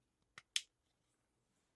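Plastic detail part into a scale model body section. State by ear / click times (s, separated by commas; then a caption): seated / 0.6 s. A small plastic detail part is pressed into its spot, opposite the previous one, on a body section of a Fanhome 1:2 scale Darth Vader figure build kit. A faint tick at 0.4 s is followed by a sharp, bright snap at 0.6 s. The part snaps into place and is seated.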